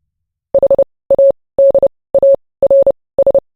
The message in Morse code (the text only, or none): HADARS